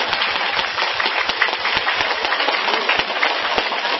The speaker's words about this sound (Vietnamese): Mời quý vị nào ở local thì đứng lên để coi quý vị ở local ở trong vùng này, gia đình Rô, Westminster, rồi những cái vùng lân cận rồi đi vừa sai, rồi cho quý vị local một tràng pháo tay.